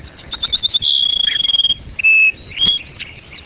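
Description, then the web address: Cassin's sparrow song: soft opening notes, then a high rapid trill, followed by a clear steady whistled note and a short final whistle. "Webb audio Cassin's Sparrow"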